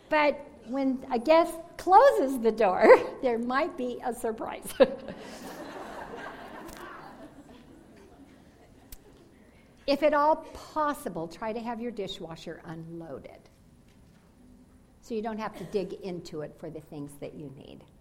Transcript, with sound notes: but when a guest closes the door, there might be a surprise. (Sounds of laughter) If at all possible, try to have your dishwasher unloaded so you don’t have to dig into it for the things that you need.